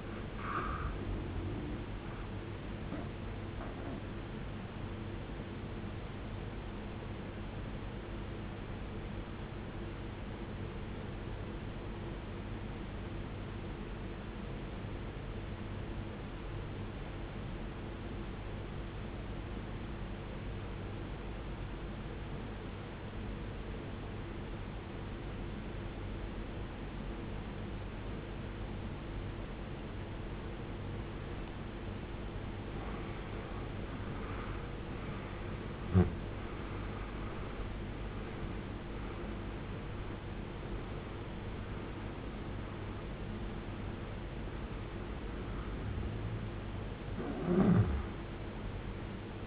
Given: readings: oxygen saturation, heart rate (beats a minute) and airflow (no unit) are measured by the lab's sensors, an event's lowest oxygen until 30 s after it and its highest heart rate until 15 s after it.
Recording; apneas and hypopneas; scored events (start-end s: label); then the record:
breathing in sleep by a voice recorder at the bedside; 1
10.00-34.00 s: obstructive apnea (N1, oxygen 94% highest, then 81% lowest, heart rate 61 at the start, 76 highest)
13.00-43.00 s: new sleep stage, N2 (light sleep)
43.00-49.47 s: new sleep stage, N1 (lightest sleep)
From the record:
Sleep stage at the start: N1 (lightest sleep); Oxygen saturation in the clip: 83 to 94%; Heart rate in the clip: 52 to 76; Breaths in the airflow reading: 8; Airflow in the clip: -18.4 to 20.4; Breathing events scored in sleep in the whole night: 389 in 6.3 hours asleep